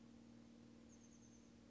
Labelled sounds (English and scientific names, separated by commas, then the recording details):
Oak Titmouse (Baeolophus inornatus)
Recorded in Sonoma County, California